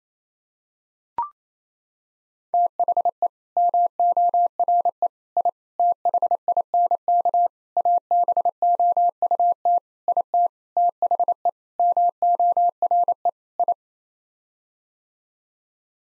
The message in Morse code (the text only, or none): THE MORE I THINK ABOUT IT THE MORE I